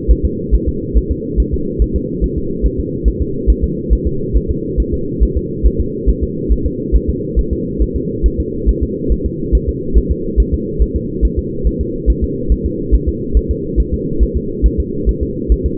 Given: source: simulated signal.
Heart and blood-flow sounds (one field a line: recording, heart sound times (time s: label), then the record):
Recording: fetal heart sounds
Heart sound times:
0.11 s: S1
0.25 s: S2
0.55 s: S1
0.69 s: S2
0.97 s: S1
1.12 s: S2
1.40 s: S1
1.54 s: S2
1.82 s: S1
1.96 s: S2
2.24 s: S1
2.38 s: S2
2.66 s: S1
2.80 s: S2
3.08 s: S1
3.22 s: S2
3.50 s: S1
3.64 s: S2
3.93 s: S1
4.07 s: S2
4.37 s: S1
4.50 s: S2
4.80 s: S1
4.94 s: S2
5.23 s: S1
5.37 s: S2
5.66 s: S1
5.80 s: S2
6.09 s: S1
6.23 s: S2
6.52 s: S1
6.66 s: S2
6.96 s: S1
7.09 s: S2
7.39 s: S1
7.53 s: S2
7.82 s: S1
7.96 s: S2
8.26 s: S1
8.40 s: S2
8.69 s: S1
8.83 s: S2
9.12 s: S1
9.26 s: S2
9.55 s: S1
9.69 s: S2
9.97 s: S1
10.12 s: S2
10.40 s: S1
10.54 s: S2
10.82 s: S1
10.96 s: S2
11.25 s: S1
11.39 s: S2
11.67 s: S1
11.81 s: S2
12.10 s: S1
12.24 s: S2
12.52 s: S1
12.66 s: S2
12.94 s: S1
13.09 s: S2
13.37 s: S1
13.51 s: S2
13.80 s: S1
13.94 s: S2
14.23 s: S1
14.37 s: S2
14.66 s: S1
14.80 s: S2
15.09 s: S1
15.23 s: S2
15.52 s: S1
15.66 s: S2
From the record:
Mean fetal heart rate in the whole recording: 140 bpm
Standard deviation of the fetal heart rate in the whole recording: 2 bpm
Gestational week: 34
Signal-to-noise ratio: -6.6 dB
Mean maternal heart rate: 72 bpm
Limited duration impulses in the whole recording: present